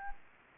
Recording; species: mosquito wingbeat signal from an infrared sensor; Anopheles gambiae